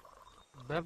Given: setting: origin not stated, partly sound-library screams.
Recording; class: one-second piece from a danger detection set; normal situation